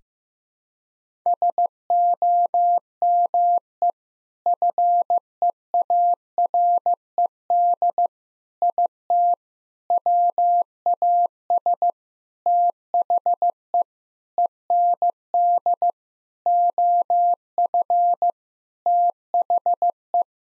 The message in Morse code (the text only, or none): SOME FEARED IT WAS THE END OF THE